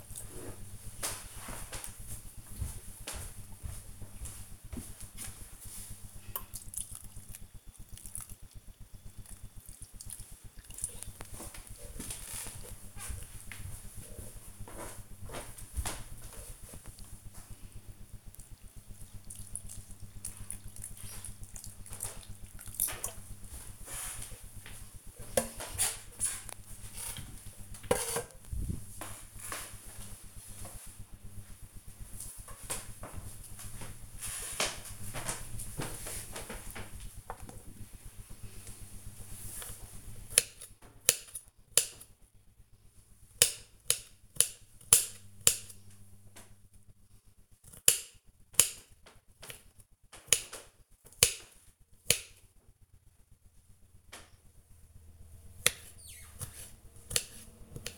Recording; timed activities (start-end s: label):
household activities, microphone on the right wrist
0.00-26.82 s: watering plant
36.89-57.98 s: cutting vegetables